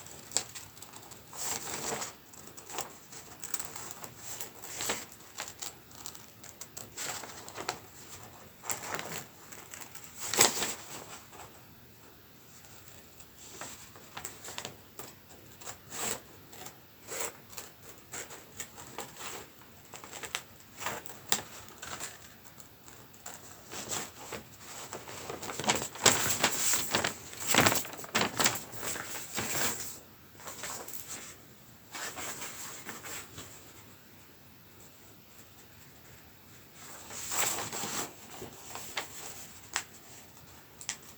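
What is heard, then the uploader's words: A pen or pencil traces softly across paper, broken by sharp, crisp cuts through card. The cutting comes in bursts, loudest around ten seconds, again from about twenty-five to thirty, and near thirty-seven seconds. Soft Tracing and Staccato Cutting. A soundscape of contrasts through the valleys of soft, swirly tracing to the pinnacles of sharp cuts of card.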